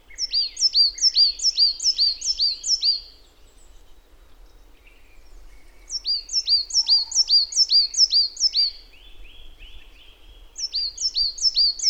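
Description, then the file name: Marsh tit calls in three rapid series of sharp, high, downslurred notes, the first two about seven to eight notes long and the last cut short, with soft buzzy notes in the gaps. "Poecile palustris"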